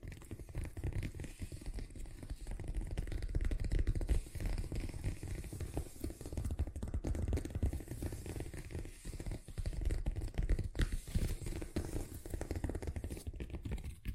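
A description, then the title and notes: Fast tapping runs continuously, a dense rustling patter of quick, irregular hits over a low rumble, with brief dips near four and nine seconds. ASMR Braingasm Inducing Fast Tapping (No Talking).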